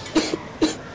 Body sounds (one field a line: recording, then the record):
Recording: coughing mixed with background sound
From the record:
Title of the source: 55 gaggy wet cough